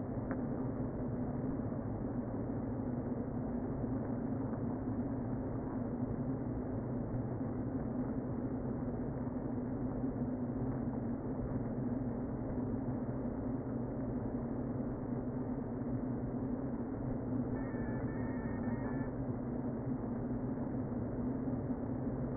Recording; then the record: honeybee colony, microphone inside the hive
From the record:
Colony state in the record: queen present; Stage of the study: before two queens were removed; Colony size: about 60,000 bees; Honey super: yes